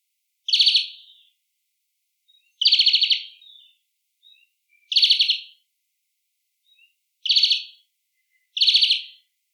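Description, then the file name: European greenfinch giving five loud buzzy calls spaced about two seconds apart, with a few faint soft notes in between. "Chloris chloris"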